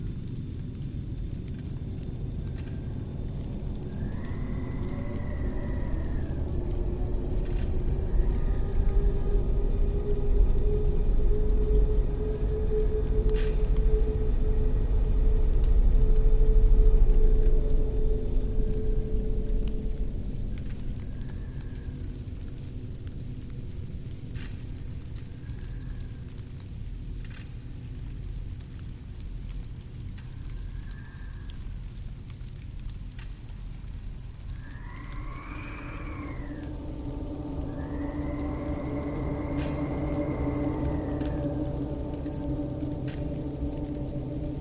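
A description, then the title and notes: A deep, constant rumble fills the space, swelling louder between about ten and eighteen seconds before easing back. Eerie, drawn-out moaning calls from the monster outside rise and fall every few seconds, strongest near the end, with occasional sharp creaks and knocks. Hiding in old church/monster outside.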